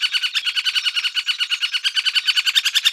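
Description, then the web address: Middle spotted woodpecker calls, a rapid run of many short harsh notes throughout, steady in pitch. "Dendrocopos medius"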